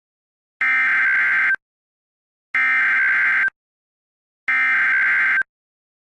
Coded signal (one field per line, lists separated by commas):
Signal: Emergency Alert System (SAME) tones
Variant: header bursts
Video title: EAS scenario #1: The Blood Moon